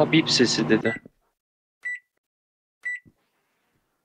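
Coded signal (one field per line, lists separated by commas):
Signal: none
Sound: game pickup beeps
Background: speech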